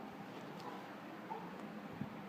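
A rubber spark plug boot sprayed with silicone is worked around on the spark plug of a Kawasaki Ultra 300/310 personal watercraft engine before being pushed down. Only faint handling and rubbing sounds are heard over a steady low background noise. The boot has not seated or clicked yet.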